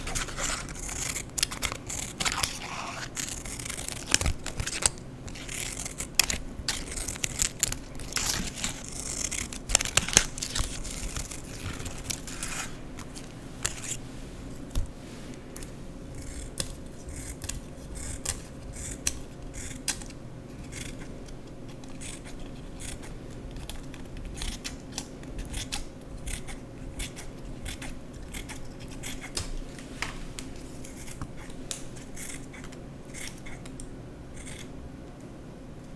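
Paper is being cut with scissors and torn. The first twelve seconds are busier and brighter, with quick snips and ripping; after that the cutting thins into sparser, softer clicks and crinkles over a low steady hum.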